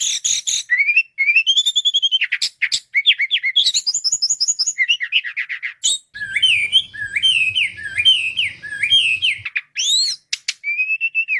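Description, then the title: Flycatcher song, varied and quick, mixing rising whistles, rattling trills and squeaky notes; a low hum sounds beneath it midway. Sikatan londo masteran training material for cage birds, continuous full-speed 'tembakan' song. "Materi Suara Burung Sikatan Londo Masteran Hits Tembakan Full Speed Rapet Durasi"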